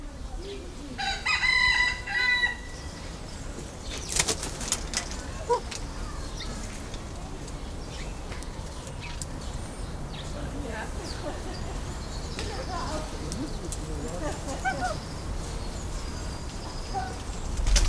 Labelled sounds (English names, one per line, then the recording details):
Rough-legged Buzzard call
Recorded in captivity
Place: Zoo Halle, Sachsen-Anhalt, DE
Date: 1995-04-09 14:45
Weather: wolkig, ca. 10°C
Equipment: Marantz CP 430, Sennheiser ME 80, Kopie Uher 4000 Report Monitor
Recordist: Tembrock, Günter